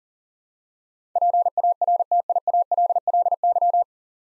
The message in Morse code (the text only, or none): PARTIALLY